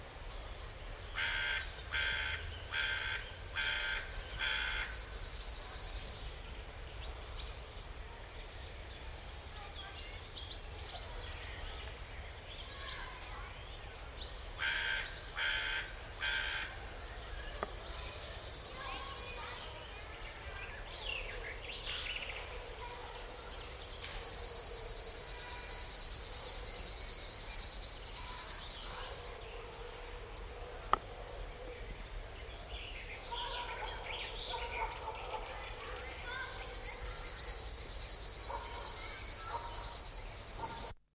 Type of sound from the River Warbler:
song